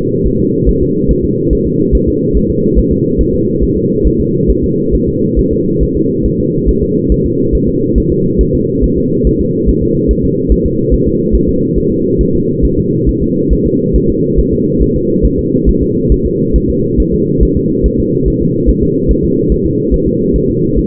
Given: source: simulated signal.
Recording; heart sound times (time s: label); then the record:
fetal heart sounds
0.27 s: S1
0.40 s: S2
0.69 s: S1
0.82 s: S2
1.11 s: S1
1.25 s: S2
1.53 s: S1
1.67 s: S2
1.95 s: S1
2.09 s: S2
2.37 s: S1
2.50 s: S2
2.79 s: S1
2.92 s: S2
3.21 s: S1
3.35 s: S2
3.63 s: S1
3.77 s: S2
4.07 s: S1
4.21 s: S2
4.50 s: S1
4.64 s: S2
4.95 s: S1
5.08 s: S2
5.39 s: S1
5.53 s: S2
5.83 s: S1
5.97 s: S2
6.26 s: S1
6.40 s: S2
6.69 s: S1
6.83 s: S2
7.12 s: S1
7.26 s: S2
7.55 s: S1
7.69 s: S2
7.98 s: S1
8.12 s: S2
8.41 s: S1
8.55 s: S2
8.84 s: S1
8.98 s: S2
9.27 s: S1
9.41 s: S2
9.69 s: S1
9.83 s: S2
10.11 s: S1
10.25 s: S2
10.52 s: S1
10.66 s: S2
10.94 s: S1
11.07 s: S2
11.35 s: S1
11.49 s: S2
11.78 s: S1
11.92 s: S2
12.21 s: S1
12.35 s: S2
12.65 s: S1
12.78 s: S2
13.09 s: S1
13.22 s: S2
13.53 s: S1
13.66 s: S2
13.96 s: S1
14.10 s: S2
14.39 s: S1
14.53 s: S2
14.82 s: S1
14.96 s: S2
15.25 s: S1
15.39 s: S2
15.69 s: S1
15.82 s: S2
16.12 s: S1
16.26 s: S2
16.56 s: S1
16.70 s: S2
17.00 s: S1
17.14 s: S2
17.43 s: S1
17.57 s: S2
17.86 s: S1
18.00 s: S2
18.28 s: S1
18.42 s: S2
18.69 s: S1
18.83 s: S2
19.11 s: S1
19.25 s: S2
19.52 s: S1
19.66 s: S2
19.94 s: S1
20.08 s: S2
20.36 s: S1
20.50 s: S2
20.79 s: S1
From the record:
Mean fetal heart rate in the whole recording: 140 bpm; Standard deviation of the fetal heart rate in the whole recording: 2 bpm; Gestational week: 34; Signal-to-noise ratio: -11.2 dB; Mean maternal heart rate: 72 bpm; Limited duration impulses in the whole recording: present